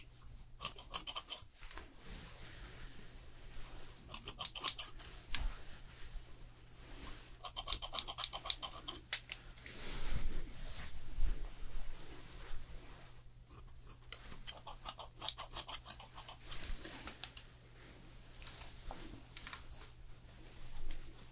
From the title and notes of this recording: ASMR Professional Fast Haircut & Hair Styling No Talking.